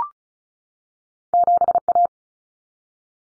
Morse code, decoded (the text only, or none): 7A